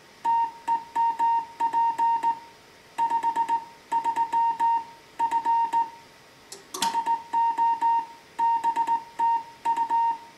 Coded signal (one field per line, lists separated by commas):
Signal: Morse code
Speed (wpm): 17 wpm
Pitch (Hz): 920 Hz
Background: music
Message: TEMP 53 F SO BTU